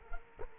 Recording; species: mosquito wingbeat signal from an infrared sensor; Culex quinquefasciatus